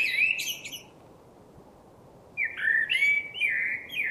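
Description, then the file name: Common blackbird: the tail of one squeaky phrase, a pause, then a new mellow, gliding whistled phrase with wavering notes. "Turdus merula"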